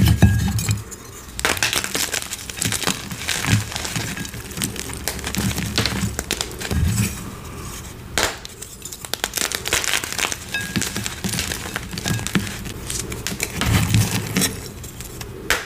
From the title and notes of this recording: A series of short gym chalk crushing videos.